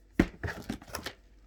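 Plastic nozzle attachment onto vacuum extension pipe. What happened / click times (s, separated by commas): The plastic attachment is being handled and has not yet clicked home / none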